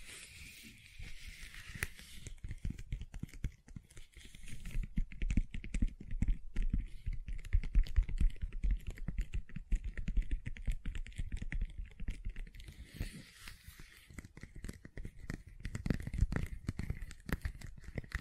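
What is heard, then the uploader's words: Gentle silicone sounds: soft, rapid tapping and squishing clicks that come in a dense, uneven patter for the whole stretch, mostly low and muffled. A faint steady high tone hangs underneath near the start and again after about thirteen seconds. ASMR Gentle Silicon Sounds for Sleep (No Talking).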